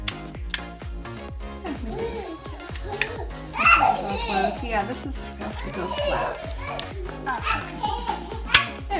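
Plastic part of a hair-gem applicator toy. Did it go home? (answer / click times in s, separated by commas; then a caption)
yes / 8.6 s. A plastic part of a hair-gem applicator toy is pressed so it sits flat, while someone talks over background music. A sharp snap at 8.6 s marks the part seating in place.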